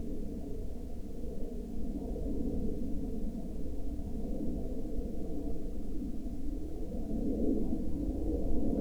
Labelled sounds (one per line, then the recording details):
aircraft
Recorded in the Arctic National Wildlife Refuge, Alaska, on 13 May 2019 at 02:09
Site 38